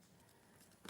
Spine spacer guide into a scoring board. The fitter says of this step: And that just locks into place like that.